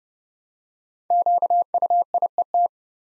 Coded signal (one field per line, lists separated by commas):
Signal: Morse code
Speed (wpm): 29 wpm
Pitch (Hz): 700 Hz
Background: none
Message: QUIET